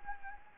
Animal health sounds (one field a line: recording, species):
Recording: mosquito wingbeat signal from an infrared sensor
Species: Anopheles gambiae